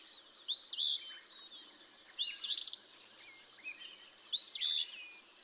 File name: Eastern Phoebe